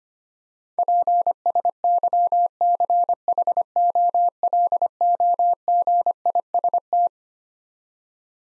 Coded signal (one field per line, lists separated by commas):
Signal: Morse code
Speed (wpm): 25 wpm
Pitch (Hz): 700 Hz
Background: none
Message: PSYCHOLOGIST